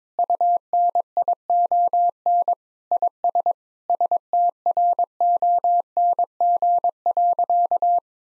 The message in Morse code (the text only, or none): UNION IS STRONG.